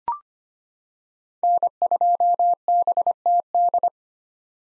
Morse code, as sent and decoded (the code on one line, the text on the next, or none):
-. ..--- -... - -..
N2BTD